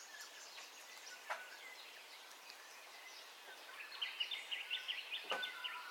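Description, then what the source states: Birds calling at dawn: scattered high chirps and faint whistles, then a quick bright trill of repeated notes near the end, over a steady soft background hiss. Dawn ambience of bird calls, recorded in stereo.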